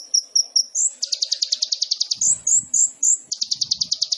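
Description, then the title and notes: Sunbird song: three high chips, then a fast ringing trill, several sharp rising notes, and another rapid trill at the end. Masteran for training songbirds, suitable as a lure (pancingan): full fill-ins (isian) and tembakan bursts in lively gacor singing. "MASTERAN KOLIBRI NINJA FULL ISIAN DAN TEMBAKAN COCOK BUAT PANCINGAN. Suara Burung Kolibri Ninja Gacor"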